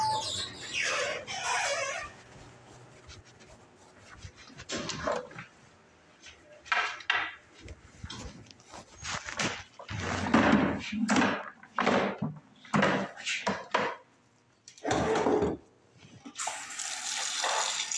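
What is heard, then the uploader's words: Spraying, wiping, and a vacuum-like hiss mix in a busy run of short, uneven bursts. Bright hissing sprays open and close the clip, with dense rubbing and scraping strokes from about 5 to 15 seconds, some deeper and louder, separated by brief quiet gaps. No talking is included, just spraying, wiping, and vacuuming.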